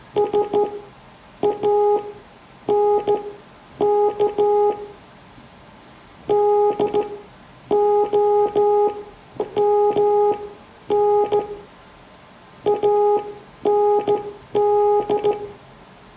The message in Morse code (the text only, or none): SANK DOMN AND